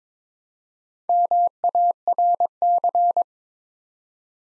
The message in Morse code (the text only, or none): MARC